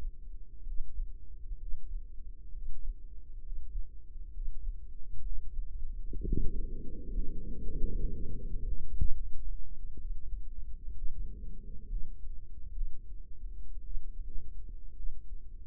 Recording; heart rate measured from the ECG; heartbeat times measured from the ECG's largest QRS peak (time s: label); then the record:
heart sounds by microphone in the right ear; 63 bpm
0.64 s: heartbeat
1.57 s: heartbeat
2.51 s: heartbeat
3.42 s: heartbeat
4.31 s: heartbeat
5.21 s: heartbeat
6.22 s: heartbeat
7.11 s: heartbeat
7.99 s: heartbeat
8.97 s: heartbeat
9.99 s: heartbeat
10.95 s: heartbeat
11.89 s: heartbeat
12.74 s: heartbeat
13.84 s: heartbeat
14.96 s: heartbeat
From the record:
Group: healthy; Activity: Valsalva maneuver 0-6 s, rest 6-16 s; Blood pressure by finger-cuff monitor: 102/63 mmHg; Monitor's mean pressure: 72 mmHg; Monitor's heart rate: 63 bpm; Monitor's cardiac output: 5 L/min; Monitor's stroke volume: 80 mL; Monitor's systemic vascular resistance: 1030 dyn s/cm5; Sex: female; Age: 28 years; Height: 170 cm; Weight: 77 kg